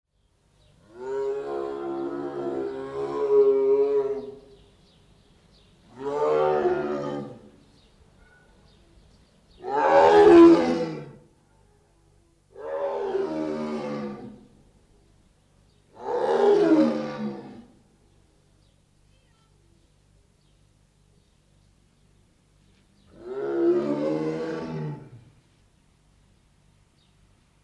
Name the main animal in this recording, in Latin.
Panthera tigris